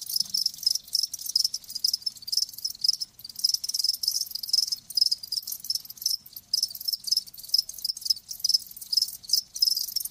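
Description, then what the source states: Crickets trilling steadily in a high, dense chorus, pulses tightly packed with a few short pauses. Live crickets chirping, as a sleep sound.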